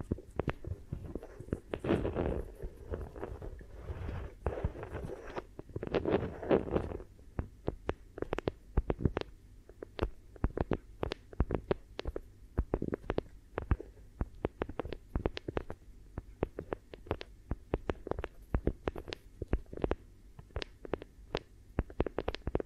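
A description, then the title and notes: Trigger sounds: dense rustling and tapping for the first seven seconds, then sharp, irregular clicks and taps continuing to the end. ASMR 10 Hypnotic Triggers Around Your Head and Ears (No Talking).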